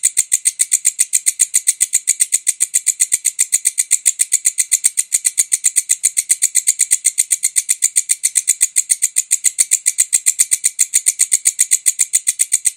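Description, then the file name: Bush cricket keeping up a long, continuous run of rapid, high rasping pulses at a very steady rhythm. "suara walang kecek"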